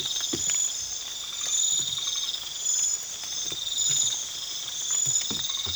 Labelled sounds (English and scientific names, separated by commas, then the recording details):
none
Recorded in pastures near Puerto Asís, Putumayo, Colombia, on 8 March 2025 at 00:00
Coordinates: 0.487, -76.322
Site G077